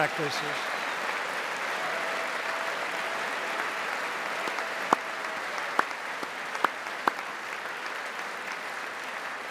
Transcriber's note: applause